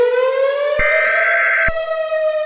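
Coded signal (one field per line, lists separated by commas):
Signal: Emergency Alert System (SAME) tones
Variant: header bursts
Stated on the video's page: Fictional EAS scenario depicting meteor strikes, a simulated alert.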